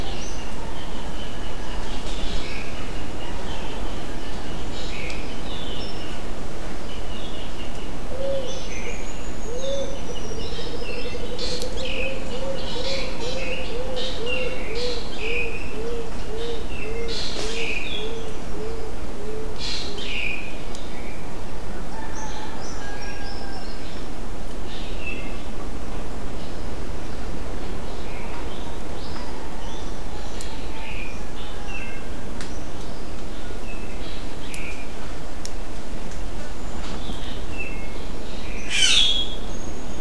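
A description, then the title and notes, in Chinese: Bird calls ring out over a pre-dawn jungle on a tropical island, scattered chirps and short whistles coming every few seconds, some bright. A soft, low hooting call drifts through around ten to twenty seconds, over a steady hiss of background ambience. 北马里亚纳群岛罗塔_凌晨的丛林伴随着鸟叫。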